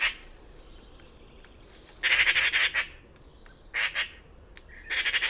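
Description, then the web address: Bird giving soft thin whistles first, then loud scratchy pulsed squawk bursts, a short pair of rasps, and another harsh burst at the end. "cianscape birddata Deverinetal 2025 Bird Only Pi Pi Pi Pi"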